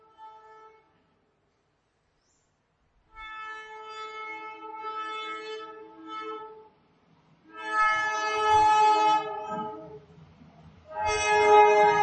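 train passing by

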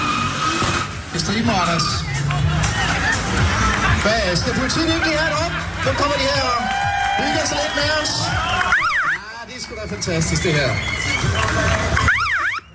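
crowd

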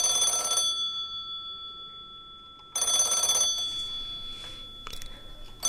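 telephone ringing

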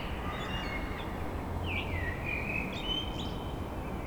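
blackbirds singing

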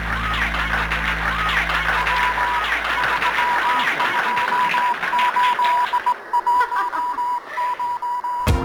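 applause

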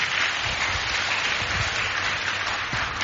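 round of applause

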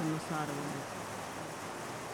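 rain falling

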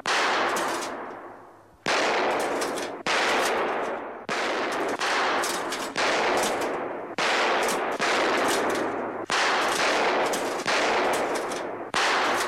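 gunshots

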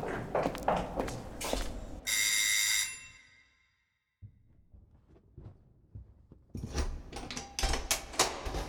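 doorbell ringing

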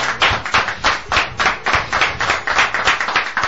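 audience applause

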